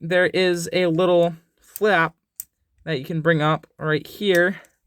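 A small plastic locking flap on a toy figure's arm digging gimmick is handled while someone talks. The flap is meant to flip up and snap into place to lock the gimmick, but nothing has seated or clicked yet by the end of the clip.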